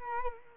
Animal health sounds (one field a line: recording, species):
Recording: mosquito wingbeat signal from an infrared sensor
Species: Culex quinquefasciatus